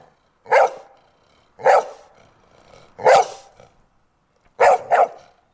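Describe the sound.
Dog barking: four separate sharp barks with quiet pauses between, the last a quick double bark.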